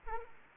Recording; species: mosquito wingbeat signal from an infrared sensor; Aedes aegypti